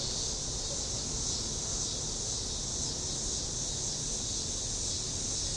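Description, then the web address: Cicada buzz, an even, shrill electric-sounding drone sustained throughout, over a low background rumble. "cicadas nobilisreed"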